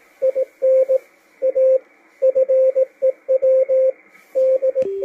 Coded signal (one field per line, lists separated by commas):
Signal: Morse code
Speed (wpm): 17 wpm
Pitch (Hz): 520 Hz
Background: radio noise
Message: IN A FEW D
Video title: W1AW cw decode - MALAHITEAM DSP-2 12-12-2022